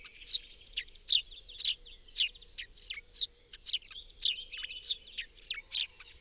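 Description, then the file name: Eurasian blue tit calls: high, chirpy, slightly buzzy notes in loose irregular clusters over a quiet hum. "Cyanistes caeruleus"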